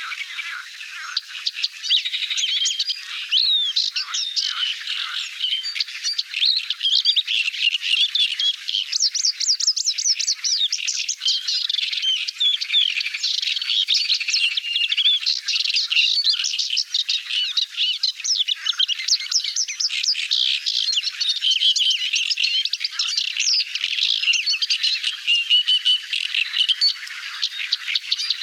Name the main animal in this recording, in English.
Paddyfield Warbler